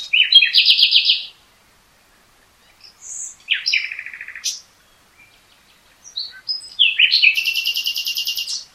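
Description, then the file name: Common nightingale song with a loud pulsed trill, a pause, a lower buzzy rattle, then a long fast high trill. "Luscinia megarhynchos"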